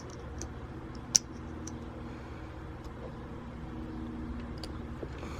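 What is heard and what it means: A male spade connector is pushed into a closed T-tap connector on the car wiring of a Miata during an LED halo light install. A sharp click sounds at 1.2 s over a low steady hum, with a few faint ticks around it. The connector is seated and successfully tapped in.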